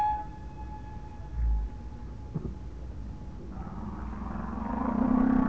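Whale sounds: a long steady tonal note with a low thump, then wavering moans that grow louder toward the end.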